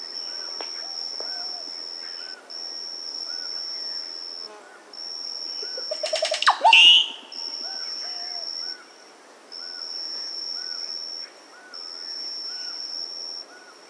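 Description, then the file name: Dusky-green oropendola song: a quick rising run of liquid notes bursting into a loud gurgling whistle, over an intermittent high insect drone and soft repeated calls. Andean bird of South America. "Dusky-Green Oropendola (Psarocolius Atrovirens)"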